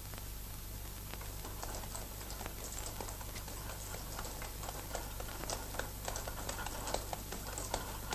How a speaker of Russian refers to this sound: По проселочной дороге лошадь везет телегу.